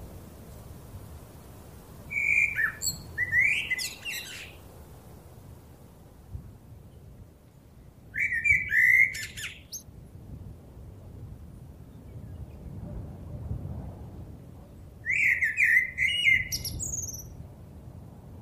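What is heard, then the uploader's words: A blackbird sings three separate phrases, around 2, 8 and 15 seconds, each a bright fluting whistle, over a steady low rumble of wind. Blackbird Singing on a Windy Evening. Birds chirping and singing on a very windy evening.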